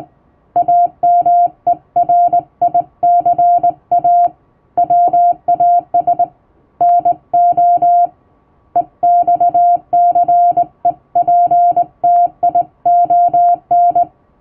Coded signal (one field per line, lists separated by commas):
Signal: Morse code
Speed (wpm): 20 wpm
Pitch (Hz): 700 Hz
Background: music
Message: AMERICA WAS NO EXCEPTION